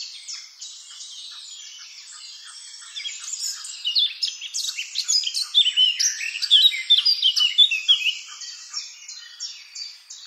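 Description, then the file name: Eurasian blackcap song, a rapid chattering warble that builds after a few seconds into louder, richer phrases before easing off. "Sylvia atricapilla"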